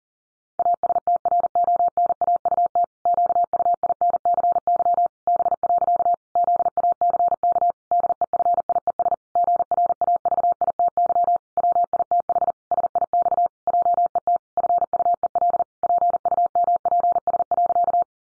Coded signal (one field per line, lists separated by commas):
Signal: Morse code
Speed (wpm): 40 wpm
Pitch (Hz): 700 Hz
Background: none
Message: ASTRONAUT QUINCY B. ZACK DEFIES GRAVITY WITH SIX JET FUEL PUMPS.